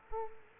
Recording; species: mosquito wingbeat signal from an infrared sensor; Culex quinquefasciatus